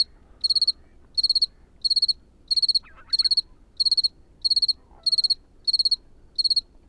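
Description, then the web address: Two-spotted cricket song: loud, high, pulsed chirps of four or five pulses, repeated steadily about every two-thirds of a second. Singing at night, 21:30, 31 October 2017, in salt-marsh (sansouire) by lagoons along the Camargue sea dike, France; clear moonlit sky, about 12°C, light northerly mistral. "camargue un grillon de nuit"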